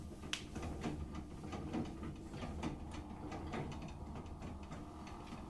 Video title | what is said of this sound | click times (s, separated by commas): LG direct Drive 10 kg Top Load Washing Machine Repair | power button दबाए और spin mode प लगाते हैं तो ये पहले अटेंट में डोर लॉक हो गया है और डोर लॉक सिंबल भी | 0.3 s